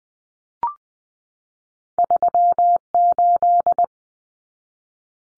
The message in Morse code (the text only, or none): 38